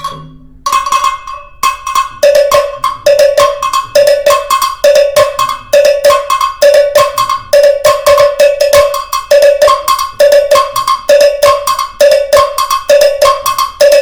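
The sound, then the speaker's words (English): Two bells of different pitch ring in a steady alternating pattern, high then low, struck quickly and loudly over and over with bright metallic overtones and no voices. “So now if we have ordered two bells, then they will play.”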